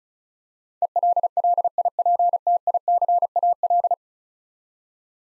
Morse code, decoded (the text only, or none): ELLIPTICAL